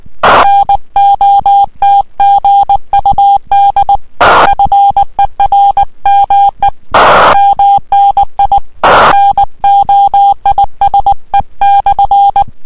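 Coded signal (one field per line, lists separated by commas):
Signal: Morse code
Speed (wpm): 19 wpm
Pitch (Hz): 800 Hz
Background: music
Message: NOT GUD FER ME MNI NOISE/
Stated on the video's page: CW contact on 18.093 MHz with a 599 report, worked from an amateur station in Thailand.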